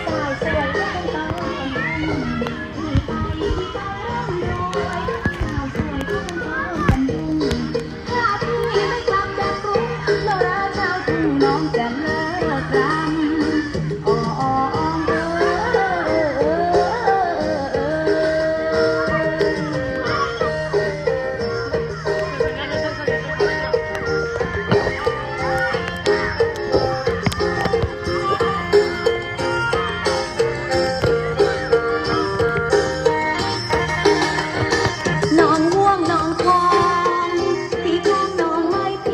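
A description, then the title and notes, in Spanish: A group of women dancing among families gathered together, with steady music carrying a regular beat and a melodic line throughout. Voices of people talking mix in underneath, and the level stays even and dense from start to finish. Caminando por Suratthani, una ciudad del sur a orillas del Golfo de Tailandia, encontramos un enorme parque público junto al agua. Muchas familias se reúnen para compartir y comer juntos, echarse a descansar bajo un templete o hacer ejercicio. Entre la vida que se escucha encontramos a un grupo de mujeres bailando.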